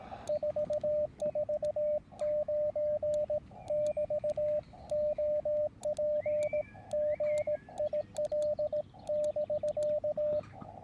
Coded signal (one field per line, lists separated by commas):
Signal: Morse code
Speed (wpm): 17 wpm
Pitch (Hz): 600 Hz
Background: radio noise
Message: 449 <BT> OP GIL <BK>